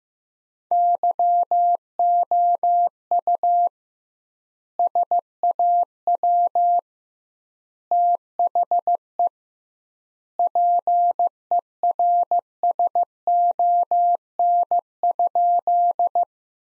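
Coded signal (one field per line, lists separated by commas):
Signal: Morse code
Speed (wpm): 15 wpm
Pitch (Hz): 700 Hz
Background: none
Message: YOU SAW THE PERSON?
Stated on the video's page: Sentences built from the top 400 words, sent at 15 wpm with double word spacing; a head-copy practice drill similar to the Farnsworth method.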